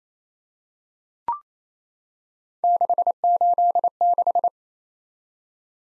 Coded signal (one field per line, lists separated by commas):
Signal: Morse code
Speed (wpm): 28 wpm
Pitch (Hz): 700 Hz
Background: none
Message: 686